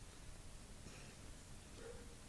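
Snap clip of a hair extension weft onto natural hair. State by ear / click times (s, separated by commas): not seated / none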